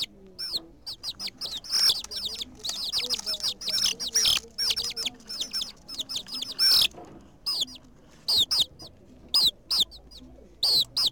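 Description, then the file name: Chicks calling with sharp, high, descending peeps, crowded at first and thinning out to spaced single cheeps toward the end. "Pollitos Chiken Lillttle Bird Ken"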